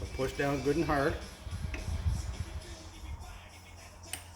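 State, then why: Released. Someone talks while a screwdriver is pushed down hard on a small, badly stripped Phillips screw in the body of a YZ 125 dirt-bike carburetor. A sharp snap at 4.1 s marks the stuck screw breaking free.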